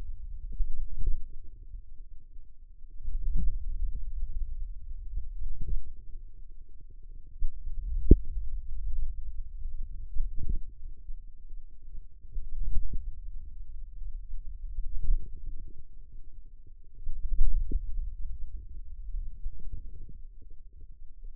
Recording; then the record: forearm muscle sounds (acoustic myography)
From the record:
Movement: hand closing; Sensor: system 2, bracelet of six BSWA MPA416 microphones around the upper forearm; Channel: 6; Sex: female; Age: 22 years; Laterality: right